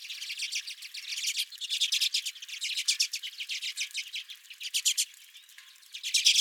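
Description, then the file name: Redpoll flock chattering, rapid overlapping ticking trills that run almost continuously, easing briefly before a louder burst at the end. Redpolls at the recordist's feeder. "Redpolls at My Feeder"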